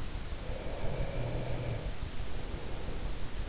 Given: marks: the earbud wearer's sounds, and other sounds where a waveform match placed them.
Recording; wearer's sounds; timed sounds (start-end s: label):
sounds in sleep by an in-ear microphone; breath
0.63-3.35 s: breath